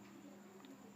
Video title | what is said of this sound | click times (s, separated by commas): GANTI KEYBOARD ASUS A455L--REPLACEMENT KEYBOARD ASUS A455L | pastikan benar-benar terpasang dengan tanda itu bunyinya klik | 0.7 s